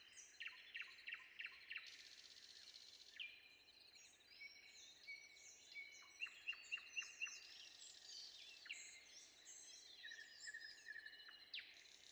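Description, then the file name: Common nightingale song: sharp repeated notes in quick series, then whistled and rattling phrases. Recorded before dawn. "predawn nightingale"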